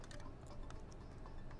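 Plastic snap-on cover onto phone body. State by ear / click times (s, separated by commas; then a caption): not seated / none. A black-to-red hard plastic snap-on cover is being pressed onto the body of an LG MyTouch Q phone, with its two small center tabs meant to hook underneath. Only faint ticks and taps from the fumbling presses are heard. Nothing has seated or snapped into place yet.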